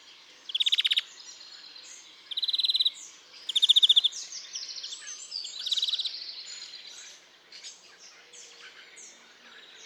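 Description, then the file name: European greenfinch giving three loud, short, rapid trills, followed by softer twittering and a fainter trill. "Chloris chloris"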